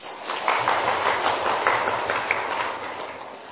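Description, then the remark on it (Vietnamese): An audience of Buddhist followers at a temple dharma talk applauds with steady, dense clapping that holds at a fairly even loudness for several seconds, with no voices over it. “Nên chúng ta vì lý do đó mà tán thán chàng pháo tay.”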